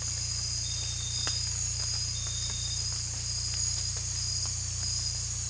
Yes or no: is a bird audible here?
no